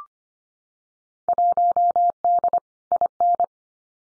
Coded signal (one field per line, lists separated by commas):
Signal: Morse code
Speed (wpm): 25 wpm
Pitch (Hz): 700 Hz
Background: none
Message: 1D IN